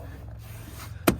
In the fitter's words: And just kind of make sure everything snap in place.